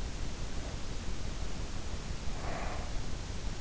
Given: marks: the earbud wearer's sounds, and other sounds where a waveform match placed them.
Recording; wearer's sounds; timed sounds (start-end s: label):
sounds in sleep by an in-ear microphone; breath
0.43-3.21 s: breath